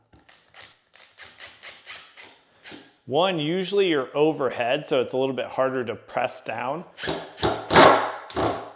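A worn Phillips bit drives a supplied screw that came with the hardware into a blind bracket mount, and it cams out of the cross recess with sharp skipping clicks at about 0.3, 0.6, 1.0 and 1.0 seconds. After that, someone talks. The worn bit strips out the screw's Phillips pattern.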